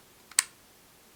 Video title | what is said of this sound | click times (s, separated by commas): DEESS ICE COOL AT HOME LASER HAIR REMOVAL - FABIOLAG | you hear that snap it means it's properly inserted and | 0.4 s